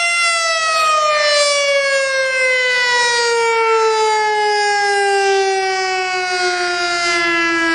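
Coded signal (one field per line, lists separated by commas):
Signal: siren signal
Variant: STH-10 fire siren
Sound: loud harmonic siren wail gradually sliding downward in pitch, winding down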